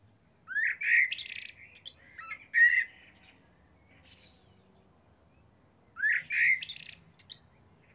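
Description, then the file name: Eurasian blackbird singing two phrases, each a low mellow fluted warble ending in a high squeaky twitter, separated by about three seconds of quiet. "Turdus merula"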